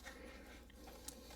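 Someone pushes the plastic locking tab on the connector of an ignition coil pack on a BMW N51/N52 engine, during a spark plug and coil pack replacement on a car that is shaking. After a faint tick at 0.7 s, a sharp click at 1.1 s marks the connector locking into place and seating.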